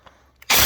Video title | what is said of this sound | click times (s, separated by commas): 64 Ford 4 speed manual output seal replacement | Yeah, that's about right. I heard it click. You heard it click? | 0.4 s